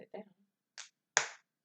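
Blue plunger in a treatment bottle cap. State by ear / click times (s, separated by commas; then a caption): seated / 1.2 s. Someone talks briefly, then the blue plunger on the two-compartment cap of a Fair & White Exclusive Whitenizer treatment bottle is pushed down to release powder into the liquid. A soft noise comes at 0.8 s, followed by a sharp click at 1.2 s as the plunger seats.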